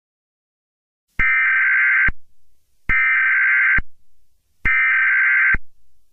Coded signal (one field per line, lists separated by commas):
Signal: Emergency Alert System (SAME) tones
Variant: header bursts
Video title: EAS Scenario: uwucutesingle